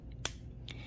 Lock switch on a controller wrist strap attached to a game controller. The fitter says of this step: and you'll hear it click when it's unlocked.